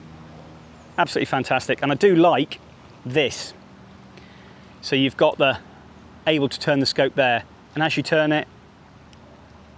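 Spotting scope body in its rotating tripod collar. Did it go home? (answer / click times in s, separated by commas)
yes / 9.1 s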